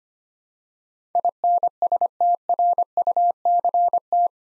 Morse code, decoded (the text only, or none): INSTRUCT